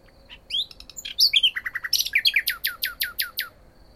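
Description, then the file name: Common nightingale song: rich varied phrases of whistles and clicks, ending in a fast series of loud repeated downward-sweeping notes, about seven in quick succession. "Luscinia megarhynchos"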